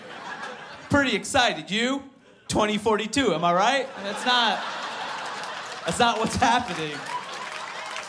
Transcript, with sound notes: Pretty excited, you? 2042, am I right? It's not...
(LAUGHTER)
That's not what's happening.